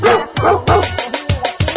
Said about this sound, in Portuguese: Eu cheguei em frente ao portão. Premier. Meu cachorro me sorriu latindo.